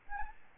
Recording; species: mosquito wingbeat signal from an infrared sensor; Aedes albopictus